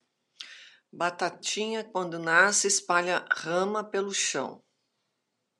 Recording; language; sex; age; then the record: short text; Brazilian Portuguese; female; 50 to 59 years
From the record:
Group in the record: control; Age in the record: 50 years